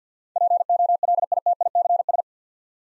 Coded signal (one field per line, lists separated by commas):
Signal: Morse code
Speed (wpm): 50 wpm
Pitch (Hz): 700 Hz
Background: none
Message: POLITICS